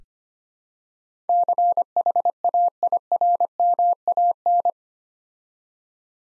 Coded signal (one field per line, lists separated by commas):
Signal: Morse code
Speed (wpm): 25 wpm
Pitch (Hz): 700 Hz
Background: none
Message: CHAIRMAN